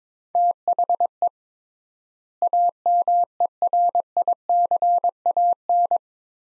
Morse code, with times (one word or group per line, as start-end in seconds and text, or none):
0.4-1.3 THE
2.4-6.0 AMERICAN